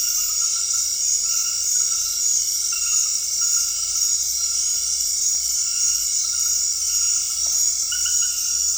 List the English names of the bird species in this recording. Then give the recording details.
none. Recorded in dense forest near Puerto Asís, Putumayo, Colombia, on 20 February 2024 at 23:30. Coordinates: 0.485, -76.318. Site G6408